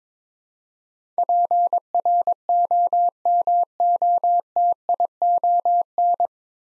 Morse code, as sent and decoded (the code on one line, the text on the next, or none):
.--. .-. --- -- --- - .. --- -.
PROMOTION